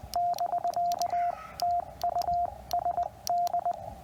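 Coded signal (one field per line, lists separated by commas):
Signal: Morse code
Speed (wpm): 20 wpm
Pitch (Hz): 690 Hz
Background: radio noise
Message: <BK> TU SD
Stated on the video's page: QRP CW Parks on the Air activation with a QMX radio running under 5 watts, working DX.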